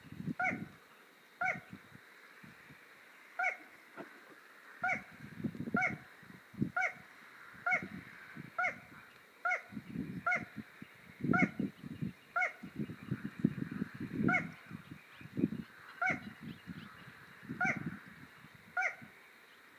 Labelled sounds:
Little Crake (Porzana parva) song

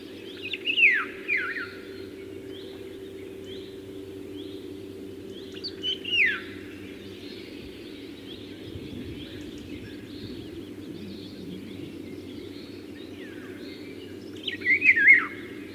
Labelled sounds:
Eurasian Golden Oriole (Oriolus oriolus) song

